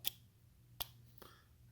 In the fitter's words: a little bit of a positive click there at the end so it doesn't want to fall out and